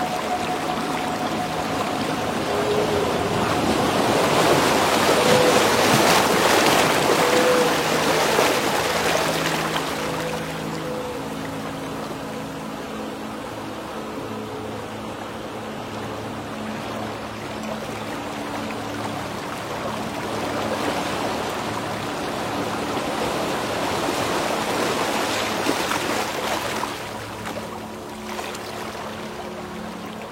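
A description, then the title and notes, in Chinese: Waves wash in with a rushing hiss, swelling loudest between about 4 and 10 seconds, easing off through the middle, then surging again near 20 and 26 seconds. Beneath the surf runs a low, steady hum with faint tonal whines around it. 德尔塔3Hz频率丨海浪拍打助眠音乐。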